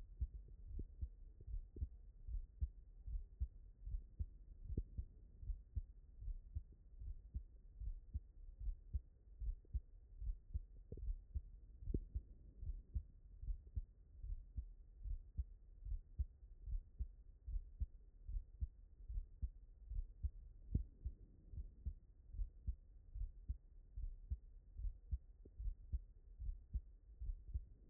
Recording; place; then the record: heart sounds by stethoscope; tricuspid valve (TV)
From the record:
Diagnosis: non-HFrEF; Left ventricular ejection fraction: 58%